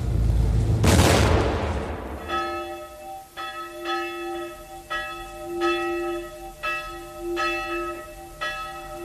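A loud boom-like burst opens, then a church bell tolls repeatedly at a steady, slow rhythm, each strike ringing with bright, sustained harmonic overtones that overlap and fade between strokes.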